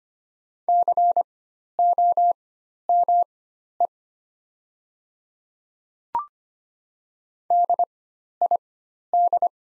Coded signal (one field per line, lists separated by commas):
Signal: Morse code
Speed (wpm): 25 wpm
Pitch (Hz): 700 Hz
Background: none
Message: COME DID